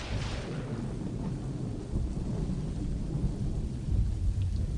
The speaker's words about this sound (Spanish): Alcé la vista y lo que minutos antes había sido un cielo dorado sin rostro, se había transformado en un cielo gris de tormenta. Las gotas de lluvia cayeron con violencia sobre los techos de las casas.